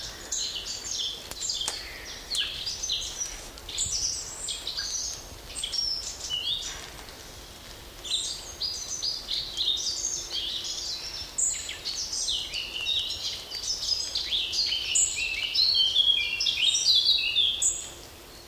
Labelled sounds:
Common Blackbird call
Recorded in the wild
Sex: male
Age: adult
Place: Mühlenbecker Land, OT Summt, Brandenburg, DE
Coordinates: 52.6928, 13.3553
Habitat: spruce thicket
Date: 1988-07-09 15:00
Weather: fair, few clouds, 17-21°C, gusty winds
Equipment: Sony WM-D6C, Kopie Tesla B 116
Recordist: Tembrock, Günter

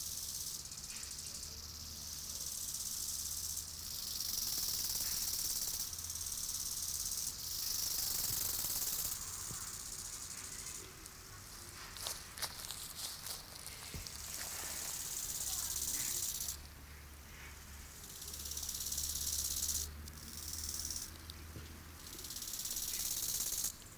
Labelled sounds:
Bow-winged Grasshopper stridulation
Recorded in the wild
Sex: male
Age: imago
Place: Treuchtlingen, Naturpark Altmühltal, Bayern, DE
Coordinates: 48.96, 10.91
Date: 1993-09-21 13:13
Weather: 24 °C, sonnig
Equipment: Marantz CP 430, Sennheiser MKH 416 T, Kopie Uher Variocord 263
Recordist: Tembrock, Günter

